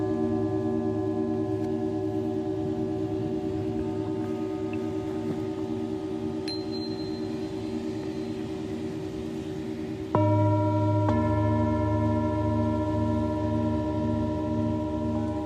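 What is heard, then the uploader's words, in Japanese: A singing bowl drones with a steady, layered ring, its pulsing low hum beating slowly underneath. Around ten seconds a new strike lands, brightening the tone and adding higher ringing layers that sustain to the end. A faint high ping sounds near six seconds. メキシコから シンギングボウルのサウンドヒーリング ライブ。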